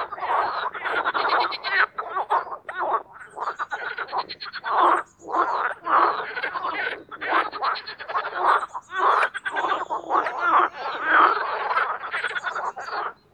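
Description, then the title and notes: Dense marsh frog chorus of rapid pulsed, laughing croaks, overlapping callers filling almost the whole stretch with only short pauses. Mating chorus of marsh frogs in spring at an artificial boating pond at Parc Chédeville, Oise, France. "au Parc Chédeville dans l'Oise. des grenouilles rieuses se donnent rendez-vous au printemps pour un concert amoureux"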